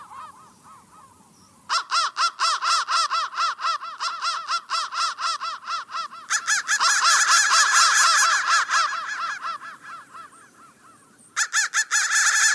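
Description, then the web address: Crow cawing: quiet caws, then loud rapid harsh series, a dense overlapping stretch of calls, a fading tail and a final loud burst. "soundfactory crow"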